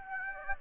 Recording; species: mosquito wingbeat signal from an infrared sensor; Aedes aegypti